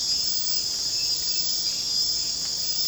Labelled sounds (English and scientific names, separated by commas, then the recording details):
none
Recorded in secondary vegetation near Puerto Asís, Putumayo, Colombia, on 25 June 2025 at 02:30
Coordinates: 0.484, -76.319
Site G074